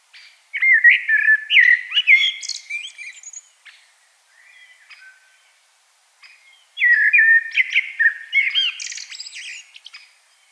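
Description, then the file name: Common blackbird delivering two long fluting phrases with scratchy high flourishes, separated by a pause of about three seconds with a few soft notes. "Turdus merula"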